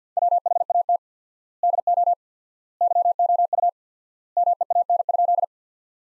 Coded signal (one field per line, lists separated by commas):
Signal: Morse code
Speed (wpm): 50 wpm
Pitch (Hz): 700 Hz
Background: none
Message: WHAT DO YOU MEAN?